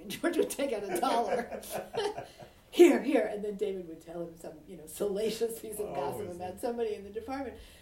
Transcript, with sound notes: And George would take out a dollar. (laughter) "Here! Here!" And then David would tell him some salacious piece of gossip about somebody in the department.